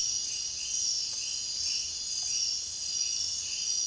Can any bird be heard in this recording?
no